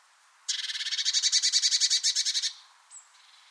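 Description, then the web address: Bird giving a fast rattling chatter for about two seconds, then a brief thin high note. "cianscape. Deverinetal 2025. Bird Only"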